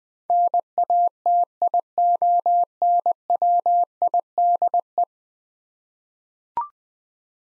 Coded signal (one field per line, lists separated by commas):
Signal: Morse code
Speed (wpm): 20 wpm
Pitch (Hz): 700 Hz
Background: none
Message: NATIONWIDE